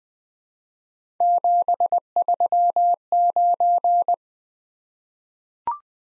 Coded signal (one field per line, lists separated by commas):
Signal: Morse code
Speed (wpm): 21 wpm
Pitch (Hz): 700 Hz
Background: none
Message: 739